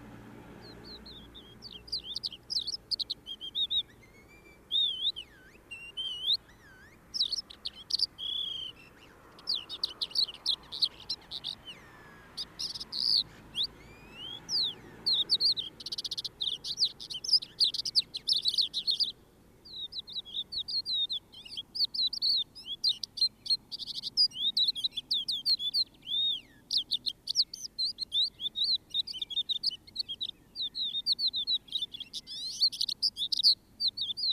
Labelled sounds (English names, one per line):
Crested Lark song